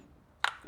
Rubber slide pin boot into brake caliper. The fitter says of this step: that pops into place